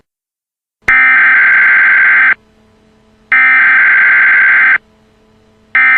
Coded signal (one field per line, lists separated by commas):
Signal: Emergency Alert System (SAME) tones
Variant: header bursts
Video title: EAS Scenario - Mario from "Super Mario Bros."